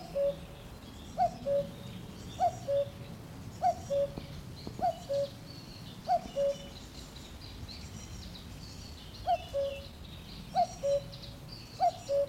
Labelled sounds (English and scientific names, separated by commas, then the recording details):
Common Cuckoo (Cuculus canorus) call
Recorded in the wild
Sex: male
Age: adult
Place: Mühlenbeck, Brandenburg, DE
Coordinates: 52.667, 13.37
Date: 1992-06-08 11:40
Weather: sonnig (heiter) 21-22°C, böiger Wind
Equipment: Nagra SN, Mikrofon AKG CK 8, Kopie Tesla B 116
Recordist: Tembrock, Günter